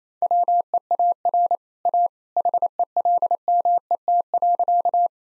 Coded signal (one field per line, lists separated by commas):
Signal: Morse code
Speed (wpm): 28 wpm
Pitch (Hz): 700 Hz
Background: none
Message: WEAR A HELMET.